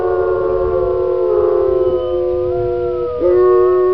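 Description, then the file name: Wolf chorus of several drawn-out howls layered at different pitches, mostly level tones with slight wavering, one voice dropping and others rising near the end. "Zvuki prirody Voy Volka"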